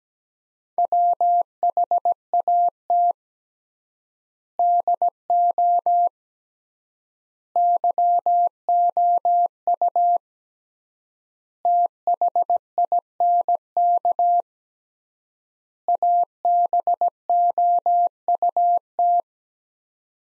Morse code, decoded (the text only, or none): WHAT DO YOU THINK ABOUT